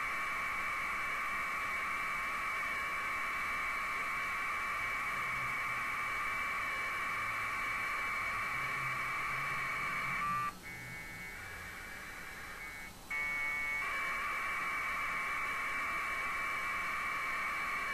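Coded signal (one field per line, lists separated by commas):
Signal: packet radio (AX.25, as in APRS)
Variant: 1200 baud AFSK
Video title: A SIMPLE TEST, TCP/IP OVER AX.25 link between 2 laptops.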